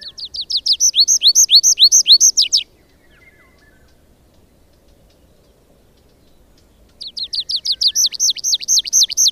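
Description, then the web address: Tree pipit singing a rapid series of repeated high, arching notes, a pause, then the series starting again. "agykontroll Madardalok Cd 2. Erdei pityer"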